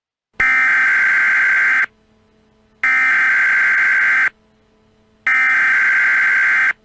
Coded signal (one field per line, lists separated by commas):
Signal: Emergency Alert System (SAME) tones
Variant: header bursts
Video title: AW336 ARCHIVES | EAS Scenario - Golden Gate Bridge Collapse (REMASTERED) (2019)